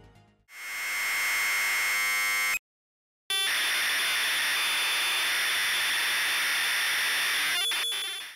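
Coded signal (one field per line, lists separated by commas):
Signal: Commodore tape loading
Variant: C64 Datasette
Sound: buzzy steady harmonic tone, a short gap, then harsh raspy hiss-like data screech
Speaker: let's cheat a little and open up a c64 tape WAV file in Windows here's a listen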